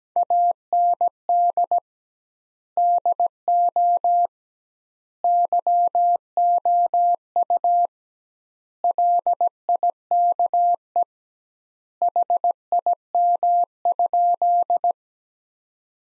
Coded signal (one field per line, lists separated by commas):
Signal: Morse code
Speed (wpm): 17 wpm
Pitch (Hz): 700 Hz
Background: none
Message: AND DO YOU LIKE HIM?